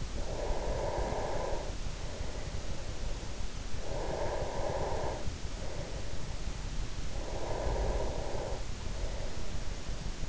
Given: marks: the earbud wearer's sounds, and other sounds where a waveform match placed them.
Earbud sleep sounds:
sounds in sleep by an in-ear microphone; breath
0.00-3.37 s: breath
3.63-6.89 s: breath
7.07-10.29 s: breath

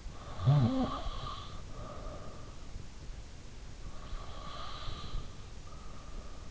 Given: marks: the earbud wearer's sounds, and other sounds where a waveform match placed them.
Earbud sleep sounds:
sounds in sleep by an in-ear microphone; snoring breath, breath
0.22-2.75 s: snoring breath
3.88-6.51 s: breath

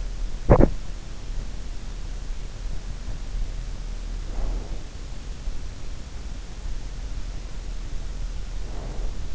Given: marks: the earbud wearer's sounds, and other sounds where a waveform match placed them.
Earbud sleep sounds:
sounds in sleep by an in-ear microphone; teeth grinding, breath
0.24-1.54 s: teeth grinding
3.93-5.42 s: breath
8.69-9.35 s: breath

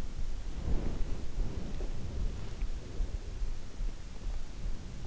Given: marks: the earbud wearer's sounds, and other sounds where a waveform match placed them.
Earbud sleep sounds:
sounds in sleep by an in-ear microphone; body movement
0.46-2.88 s: body movement

